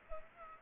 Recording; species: mosquito wingbeat signal from an infrared sensor; Culex pipiens